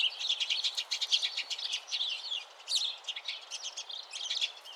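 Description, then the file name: House sparrows chirping, dense overlapping short bright notes in quick uneven succession, a few sharper squeaky chirps standing out. "Passer domesticus"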